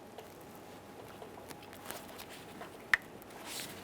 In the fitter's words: after you hear the click a light tug